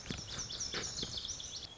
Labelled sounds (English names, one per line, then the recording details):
Lazuli Bunting
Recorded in Sonoma County, California